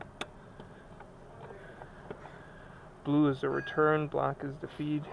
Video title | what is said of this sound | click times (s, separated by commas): VW A4: Gasoline in Diesel fuel tank, TDI fuel flush (basics) | make sure they click into place | 0.2 s